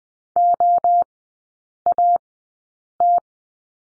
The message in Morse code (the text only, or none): OAT